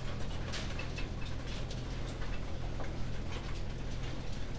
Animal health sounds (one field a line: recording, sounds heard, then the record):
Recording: poultry house recording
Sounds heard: no chicken sound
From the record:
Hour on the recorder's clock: 19